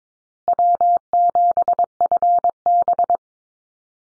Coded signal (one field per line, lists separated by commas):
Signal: Morse code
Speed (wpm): 22 wpm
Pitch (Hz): 700 Hz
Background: none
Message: W7FB